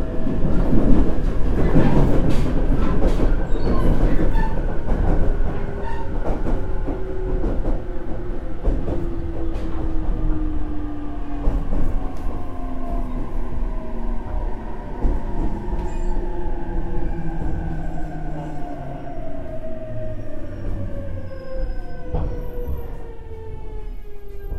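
An electric train runs steadily, its motor whine sliding downward as it slows, over a dense low rumble and rhythmic clicks of wheels on rail joints.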